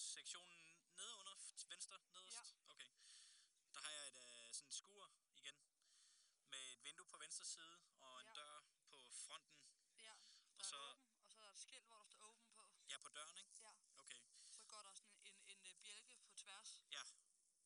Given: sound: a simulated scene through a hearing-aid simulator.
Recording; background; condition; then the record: conversation; quiet; 65 dB SPL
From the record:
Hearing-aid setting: III (slow-acting compression, loudness normalization, advanced features for about 2.5 dB of SNR improvement); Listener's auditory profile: C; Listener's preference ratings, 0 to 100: 77, 96, 68